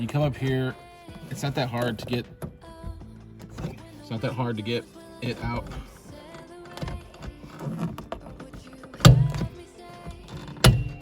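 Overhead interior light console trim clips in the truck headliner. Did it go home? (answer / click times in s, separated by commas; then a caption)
released / 9.1 s, 10.7 s. On a 2016-or-later Toyota Tacoma, a trim tool pries the plastic overhead interior light console out of the truck's headliner while someone talks over background music. Its retaining clips release with two sharp clicks at 9.1 s and 10.7 s, and the console trim pops loose.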